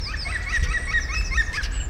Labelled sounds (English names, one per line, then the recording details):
European Green Woodpecker
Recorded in the wild
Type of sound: song, call, call sequence
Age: adult
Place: Tierpark Berlin, Berlin, DE
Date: 1993-03-13
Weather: 5-12 °C, heiter
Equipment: Marantz CP 430, Sennheiser ME 80, Kopie Uher Variocord 263
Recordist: Tembrock, Günter
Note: Rufreihe, freifliegender Vogel